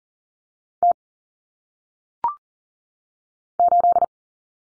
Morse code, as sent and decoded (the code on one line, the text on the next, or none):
- / ---..
T 8